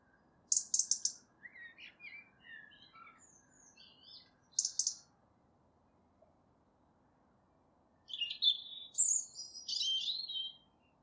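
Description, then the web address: European robin song: high, thin phrases with quick trills and scattered sliding notes, then a richer warbled passage near the end. "fugl r-hals"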